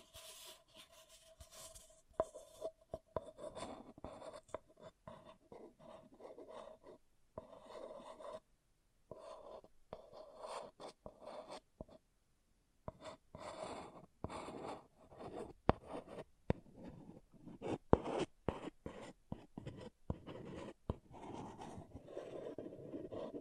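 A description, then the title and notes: An object scratches in short, uneven bursts of dry rasping, broken by brief silences, with a faint steady tone early on. ASMR Brain Melting Object Scratching (No Talking).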